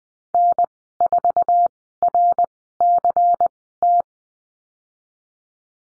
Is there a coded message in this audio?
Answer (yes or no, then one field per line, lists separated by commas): yes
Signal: Morse code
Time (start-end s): 0.3-4.0 s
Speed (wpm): 20 wpm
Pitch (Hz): 700 Hz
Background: none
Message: N4RCT